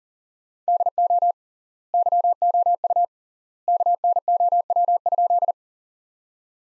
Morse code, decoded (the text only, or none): DO YOU KNOW?